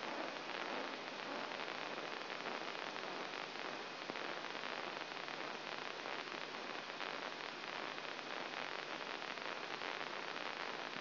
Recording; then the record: brain microelectrode recording played as sound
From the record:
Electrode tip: inside the subthalamic nucleus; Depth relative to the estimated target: -1 mm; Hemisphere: left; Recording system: AlphaMap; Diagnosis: Parkinson's disease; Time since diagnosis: 9 years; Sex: male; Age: 66 years